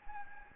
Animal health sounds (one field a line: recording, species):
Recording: mosquito wingbeat signal from an infrared sensor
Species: Anopheles gambiae